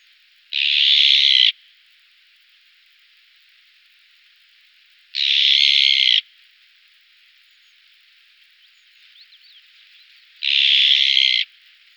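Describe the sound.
Azure-winged magpie giving harsh, rasping calls, each about a second long, three of them spaced roughly five seconds apart.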